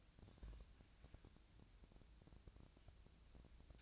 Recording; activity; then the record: daily activity, microphone in the room; take from stove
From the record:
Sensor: 2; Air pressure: 999.9 hPa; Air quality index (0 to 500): 123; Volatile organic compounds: 2 ppm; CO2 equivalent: 1058 ppm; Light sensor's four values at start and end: 36/89/39/44 and 37/89/39/44